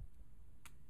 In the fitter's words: i don't know if you heard that but there's a little click